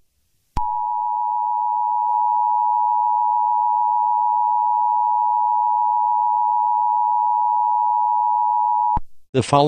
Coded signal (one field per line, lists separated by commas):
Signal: Emergency Alert System (SAME) tones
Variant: 853 and 960 Hz attention tone